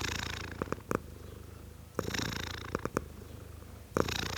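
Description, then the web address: Domestic cat purring softly, a low buzzy rumble swelling about every two seconds. Tom cat purring, male domestic cat. "BBC Sound Effects Library (Cats) Tom Cat, Purring"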